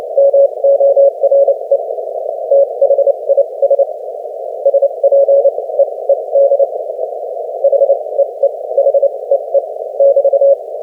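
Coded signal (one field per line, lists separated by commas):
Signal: Morse code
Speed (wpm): 28 wpm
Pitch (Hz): 560 Hz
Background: none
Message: MORE THIS SPEED HEEHEE <BT>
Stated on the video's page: Morse QSO at 30 wpm between two amateur operators, a fast code-buddy contact practising sending and copying.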